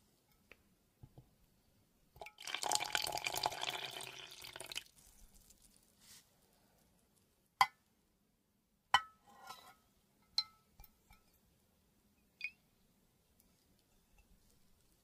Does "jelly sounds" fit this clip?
no